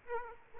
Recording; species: mosquito wingbeat signal from an infrared sensor; Aedes aegypti